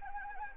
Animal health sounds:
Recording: mosquito wingbeat signal from an infrared sensor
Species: Anopheles arabiensis

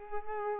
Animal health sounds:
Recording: mosquito wingbeat signal from an infrared sensor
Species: Culex pipiens

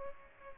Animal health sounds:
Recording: mosquito wingbeat signal from an infrared sensor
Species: Aedes aegypti

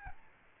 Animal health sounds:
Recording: mosquito wingbeat signal from an infrared sensor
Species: Aedes albopictus

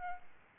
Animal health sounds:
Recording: mosquito wingbeat signal from an infrared sensor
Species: Aedes albopictus

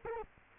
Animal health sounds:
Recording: mosquito wingbeat signal from an infrared sensor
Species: Culex quinquefasciatus

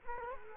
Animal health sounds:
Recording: mosquito wingbeat signal from an infrared sensor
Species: Culex quinquefasciatus

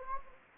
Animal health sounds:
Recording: mosquito wingbeat signal from an infrared sensor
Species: Anopheles gambiae

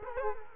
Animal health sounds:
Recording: mosquito wingbeat signal from an infrared sensor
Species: Culex quinquefasciatus

